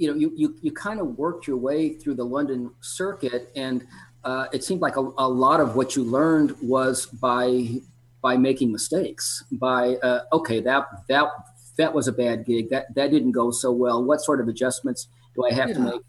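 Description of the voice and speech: A man speaks in a relaxed conversational voice, at a steady pitch and natural pace, with short pauses. There are a few casual word repetitions such as "you, you" and "that, that", as in ordinary talk. Overall this is fluent, typical adult speech.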